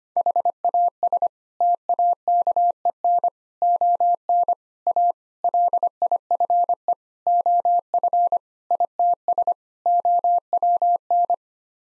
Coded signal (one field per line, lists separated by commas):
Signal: Morse code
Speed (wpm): 25 wpm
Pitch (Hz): 700 Hz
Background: none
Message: HAS TAKEN ON A LIFE OF ITS OWN